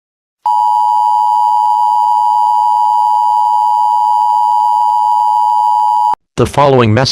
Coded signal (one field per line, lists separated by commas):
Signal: Emergency Alert System (SAME) tones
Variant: 853 and 960 Hz attention tone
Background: speech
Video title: EAS Scenario: Oklahoma Chaos and Maine Abduction